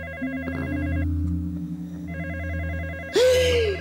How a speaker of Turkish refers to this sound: Zil çale. Zildel telefon telefon.